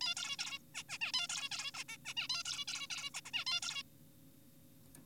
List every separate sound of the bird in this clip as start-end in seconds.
0.01-0.15, 0.17-0.37, 0.39-0.59, 0.75-0.83, 0.89-0.98, 1.01-1.12, 1.14-1.27, 1.29-1.49, 1.51-1.71, 1.75-1.84, 1.89-1.97, 2.05-2.14, 2.17-2.28, 2.30-2.43, 2.45-2.65, 2.68-2.88, 2.90-3.10, 3.14-3.21, 3.25-3.31, 3.34-3.45, 3.47-3.61, 3.63-3.83